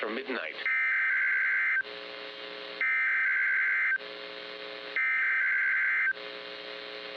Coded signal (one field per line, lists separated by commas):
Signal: Emergency Alert System (SAME) tones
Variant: header bursts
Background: speech